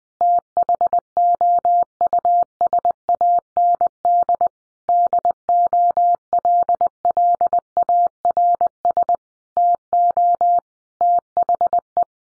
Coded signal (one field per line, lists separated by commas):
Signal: Morse code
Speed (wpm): 20 wpm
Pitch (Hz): 700 Hz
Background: none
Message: THOUSAND DOLLARS TO THE